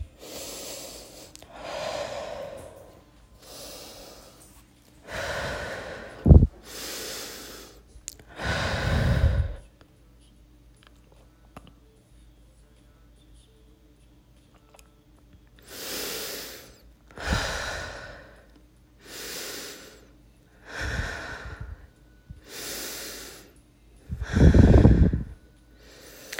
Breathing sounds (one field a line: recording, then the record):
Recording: deep breathing after running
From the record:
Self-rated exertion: vigorous exertion (4 of 6)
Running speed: 6 miles an hour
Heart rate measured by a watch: 148 beats a minute at the start, 140 at the end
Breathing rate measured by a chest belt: 13 breaths a minute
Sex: female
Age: 18 years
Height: 171 cm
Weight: 75 kg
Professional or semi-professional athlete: no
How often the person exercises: 1 to 2 times a week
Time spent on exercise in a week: under 1 hour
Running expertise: no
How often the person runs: 1 to 2 times a week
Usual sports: running, fencing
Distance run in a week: 3 km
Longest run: 21.3 km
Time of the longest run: 190 minutes